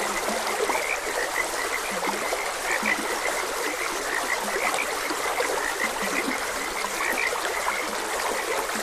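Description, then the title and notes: Frogs croak steadily in a crowded chorus of clipped notes, with low croaks scattered through the sound of a flowing stream. Frogs croaking beside a gentle stream. "Frogs Croaking. Sleep and Relaxation Podcast"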